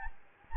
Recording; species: mosquito wingbeat signal from an infrared sensor; Anopheles gambiae